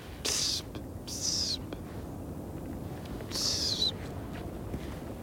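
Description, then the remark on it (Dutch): A redwing gives three thin, high-pitched, drawn-out calls, each under half a second, spaced by irregular pauses over a soft background hiss. “Dan zeg ik, nou, dat is nou een koolmees. Groene specht. Koperwiek, die lange.”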